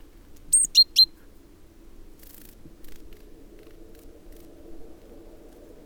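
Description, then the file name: Great tit calls: a thin high note, then two sharp lower notes in quick succession, with another high note at the very end over a quiet low hum. "Parus major"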